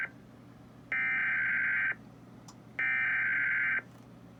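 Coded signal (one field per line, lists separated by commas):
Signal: Emergency Alert System (SAME) tones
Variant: header bursts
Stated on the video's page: Practice/demo warning received from the local primary FM station on 101.1 MHz.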